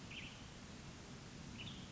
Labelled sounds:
Western Tanager
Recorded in Sonoma County, California

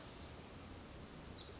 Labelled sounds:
Pacific Wren
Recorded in Sonoma County, California

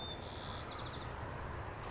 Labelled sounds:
White-crowned Sparrow
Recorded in Sonoma County, California

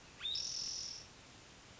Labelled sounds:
Spotted Towhee
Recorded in Sonoma County, California

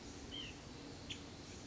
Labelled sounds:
White-breasted Nuthatch
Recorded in Sonoma County, California

